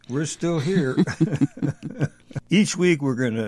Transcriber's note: laughs